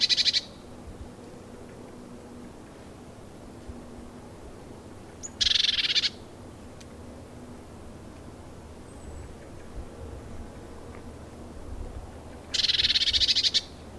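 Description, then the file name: Eurasian blue tit churr: a few short buzzy rattling bursts with long pauses between, set against a low background hum. "Cyanistes caeruleus"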